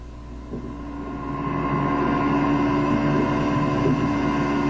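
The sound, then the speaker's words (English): A pump labours over thick, dark sludge, its motor droning steadily with a low rumble and layered humming tones that swell louder after the first second and hold there. No voices. “starting this week with the sound of a pump moving something dark and gloopy, probably quite evil-smelling, that helps make the world go round.”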